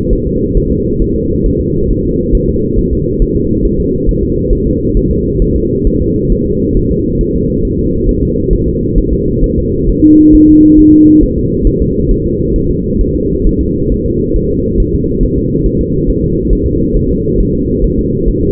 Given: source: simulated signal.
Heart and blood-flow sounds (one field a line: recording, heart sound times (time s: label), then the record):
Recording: fetal heart sounds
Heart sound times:
0.13 s: S1
0.27 s: S2
0.57 s: S1
0.72 s: S2
1.02 s: S1
1.16 s: S2
1.46 s: S1
1.61 s: S2
1.91 s: S1
2.05 s: S2
2.35 s: S1
2.49 s: S2
2.79 s: S1
2.93 s: S2
3.22 s: S1
3.36 s: S2
3.65 s: S1
3.80 s: S2
4.09 s: S1
4.23 s: S2
4.53 s: S1
4.67 s: S2
4.97 s: S1
5.11 s: S2
5.42 s: S1
5.56 s: S2
5.87 s: S1
6.02 s: S2
6.32 s: S1
6.47 s: S2
6.77 s: S1
6.91 s: S2
7.21 s: S1
7.35 s: S2
7.65 s: S1
7.79 s: S2
8.09 s: S1
8.23 s: S2
8.53 s: S1
8.68 s: S2
8.98 s: S1
9.13 s: S2
9.44 s: S1
9.58 s: S2
9.89 s: S1
10.04 s: S2
10.35 s: S1
10.49 s: S2
10.79 s: S1
10.94 s: S2
11.23 s: S1
11.38 s: S2
11.67 s: S1
11.82 s: S2
12.11 s: S1
12.26 s: S2
12.56 s: S1
12.70 s: S2
13.01 s: S1
13.16 s: S2
13.47 s: S1
13.61 s: S2
13.92 s: S1
14.06 s: S2
14.36 s: S1
14.51 s: S2
14.80 s: S1
14.94 s: S2
15.23 s: S1
15.38 s: S2
15.66 s: S1
15.81 s: S2
16.09 s: S1
16.24 s: S2
16.53 s: S1
16.67 s: S2
16.97 s: S1
17.11 s: S2
17.41 s: S1
17.55 s: S2
17.84 s: S1
17.99 s: S2
18.28 s: S1
18.43 s: S2
From the record:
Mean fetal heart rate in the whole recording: 135 bpm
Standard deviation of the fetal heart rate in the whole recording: 3 bpm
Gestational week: 36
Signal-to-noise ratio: -14.7 dB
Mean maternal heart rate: 72 bpm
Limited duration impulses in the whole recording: present